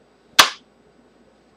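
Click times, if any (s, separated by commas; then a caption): 0.4 s. Someone pulls up on the trigger guard of a Keltec Sub 2000 folding carbine to unlock it for folding. A single loud, sharp clack rings out at 0.4 s and fades within about a quarter second, leaving near silence. The trigger guard lock pops open, releasing the carbine for folding.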